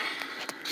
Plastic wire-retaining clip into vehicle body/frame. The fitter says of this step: hold that back wire they just snap right in